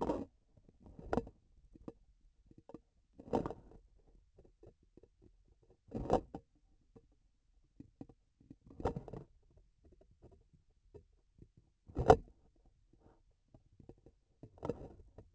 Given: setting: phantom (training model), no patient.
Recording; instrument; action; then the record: laparoscopic instrument, vibration sensor on the handle end; grasping forceps; opening and closing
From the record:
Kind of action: tool actuation without material contact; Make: Olympus